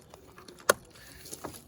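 A plastic door mirror cover for an Opel/Vauxhall Astra H is pressed onto the mirror housing, its slot-in tabs worked from the side to the bottom and bent slightly. Faint clicks and rustles precede a loud, sharp snap at 0.7 s as the cover seats home, followed by a quieter tick around 1.3 s.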